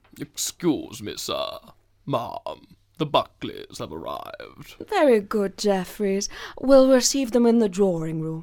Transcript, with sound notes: Excuse me, sir, m’am. The Buckleys have arrived.
(with angelic calmness) Very good Jeffreys. We’ll receive them in the drawing room.